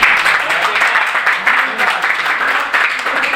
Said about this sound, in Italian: Ma raggiunge la stazione retta? Prego. Fate un applauso.